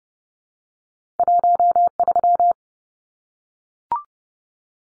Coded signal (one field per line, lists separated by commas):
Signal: Morse code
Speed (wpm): 30 wpm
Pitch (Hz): 700 Hz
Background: none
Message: 13